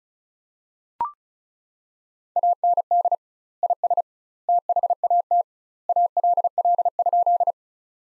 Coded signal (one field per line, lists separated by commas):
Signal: Morse code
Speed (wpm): 34 wpm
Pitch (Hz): 700 Hz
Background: none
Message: AND IS THAT ALL?